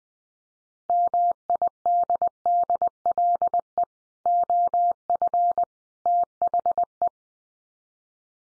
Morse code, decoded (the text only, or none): MIDDLE OF THE